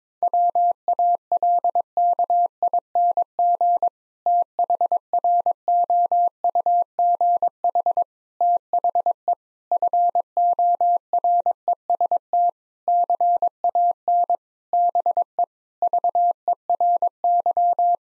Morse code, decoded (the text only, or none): WALKING THROUGH THE FOREST CAN BE VERY